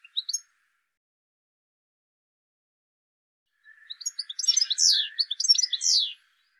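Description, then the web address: Bird calls: a few brief high chirps at the start, then after a silent gap a rapid burst of sharp, descending high notes over a soft lower buzz. "cianscape birddata"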